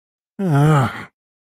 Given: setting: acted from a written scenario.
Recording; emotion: vocal sound without words; embarrassment